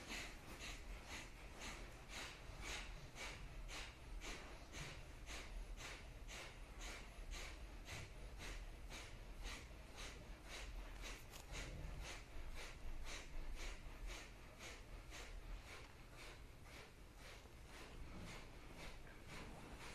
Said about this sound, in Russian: Вернулись в мягкий выдох. Сглотнули. И 3 минуты дышим. Поехали.